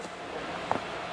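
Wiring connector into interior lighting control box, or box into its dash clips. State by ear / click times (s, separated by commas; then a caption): seated / 0.7 s. A plastic wiring connector is pushed back onto the footwell lighting control box, or the box is pushed into its clips, under the dash of a 2016+ Camaro during installation of a GM OEM interior footwell Spectrum lighting kit 23248208. Against a steady low background hiss, one sharp click is heard at 0.7 s. The connector is seated.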